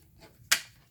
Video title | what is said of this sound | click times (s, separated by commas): Crafty Haul - Creative Memories - 5/22/2020 - What's New at CM | it clicks in there and | 0.5 s